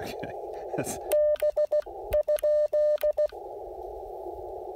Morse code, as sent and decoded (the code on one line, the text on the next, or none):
-... ..--..
B?